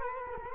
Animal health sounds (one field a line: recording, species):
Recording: mosquito wingbeat signal from an infrared sensor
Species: Culex quinquefasciatus